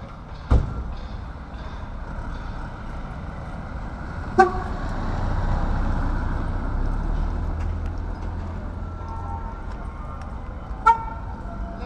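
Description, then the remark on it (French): A gas vendor's truck sounds three short, sharp horn toots spaced several seconds apart over a steady low rumble of engine and street noise, with no one talking. “Ce petit événement, mais non, c'est le marchand de gaz.”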